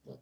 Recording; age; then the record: pig call; piglet (1 to 25 days)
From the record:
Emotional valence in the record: negative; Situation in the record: long isolation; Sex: female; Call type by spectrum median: low-frequency call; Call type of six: low-frequency stable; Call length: 0.22 s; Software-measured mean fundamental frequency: 60 Hz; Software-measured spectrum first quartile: 172 Hz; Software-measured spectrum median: 350 Hz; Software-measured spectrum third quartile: 526 Hz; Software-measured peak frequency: 431 Hz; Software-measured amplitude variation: 220 dB a second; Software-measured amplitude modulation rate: 11.4 a second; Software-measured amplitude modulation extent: 19.2 dB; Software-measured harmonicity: -0.6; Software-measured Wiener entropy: 0.76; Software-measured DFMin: 1405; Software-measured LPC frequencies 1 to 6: 477, 3303, 4891, 6506, 7596, 8235 Hz